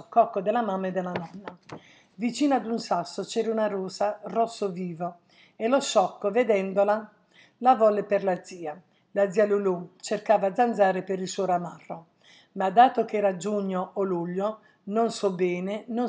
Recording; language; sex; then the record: read passage; Italian; female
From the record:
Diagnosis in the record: healthy control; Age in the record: 69 years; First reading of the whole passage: 57 s, 9.1 characters per second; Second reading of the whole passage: 50 s, 10.4 characters per second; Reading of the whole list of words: 47 s, 6.0 characters per second